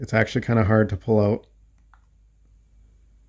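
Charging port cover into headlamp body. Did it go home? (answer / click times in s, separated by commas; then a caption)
yes / 1.9 s. Someone talks, then the flush-mount cover over the micro USB charging port on a headlamp is pushed back into the headlamp body. A sharp click at 1.9 s marks the cover popping securely into place.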